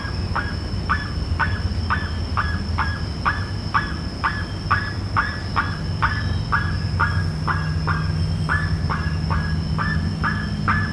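Bird calling steadily, a hooked note repeated about twice each second without a break, set against a low constant hum and a thin high tone.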